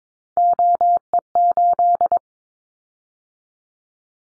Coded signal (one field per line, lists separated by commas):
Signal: Morse code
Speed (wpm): 22 wpm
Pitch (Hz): 700 Hz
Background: none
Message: OE8